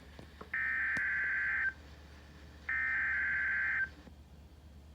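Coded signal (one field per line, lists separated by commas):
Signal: Emergency Alert System (SAME) tones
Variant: header bursts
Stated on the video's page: Two storm surge warnings for Henri from NOAA weather radio station KWO35.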